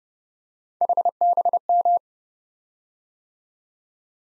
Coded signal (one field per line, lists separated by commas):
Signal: Morse code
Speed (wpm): 30 wpm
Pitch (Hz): 700 Hz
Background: none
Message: HBM